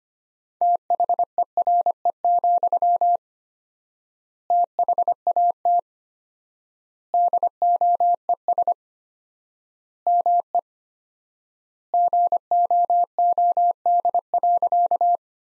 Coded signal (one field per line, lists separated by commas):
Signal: Morse code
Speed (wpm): 25 wpm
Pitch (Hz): 700 Hz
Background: none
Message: THERE, THAT DOES ME GOOD.